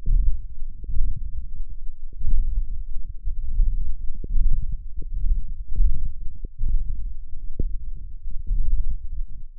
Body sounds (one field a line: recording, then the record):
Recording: forearm muscle sounds (acoustic myography)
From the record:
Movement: index flexion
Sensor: system 1, eight BSWA MPA416 microphones around the upper forearm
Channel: 8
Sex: male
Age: 21 years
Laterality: right